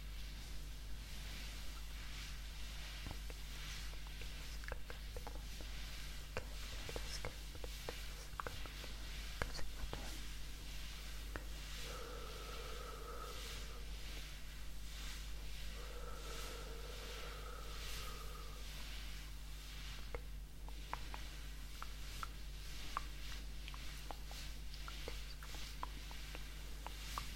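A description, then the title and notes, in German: A face massage with various triggers: steady low hum under frequent soft crackles and taps, with two brief tonal hums around 12 and 16 seconds. Face massage (skincare, personal attention).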